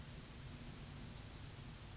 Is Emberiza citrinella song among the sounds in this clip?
yes